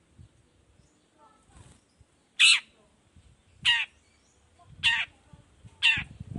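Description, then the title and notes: Long-tailed shrike giving four loud, rasping calls, each spaced a little over a second apart, with faint low rumbles between. Singing in the morning with varied notes including a 'toet toet' phrase; recording played as a lure so other shrikes reply quickly and open their beaks. "Cendet Gacor Dor Di Kala Pagi Toet Toet Variasi Suara. Cendet Gacor Efektif Pancingan Buat Cendet Jenis Apapun Agar Cepat Nyaut Buka Paruh. Burung cendet"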